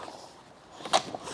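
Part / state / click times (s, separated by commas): stroller bassinet onto bassinet stand frame / not seated / none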